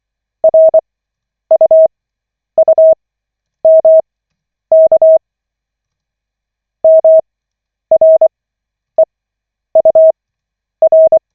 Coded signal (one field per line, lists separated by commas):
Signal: Morse code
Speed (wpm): 24 wpm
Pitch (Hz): 640 Hz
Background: none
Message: RUUMK MREUR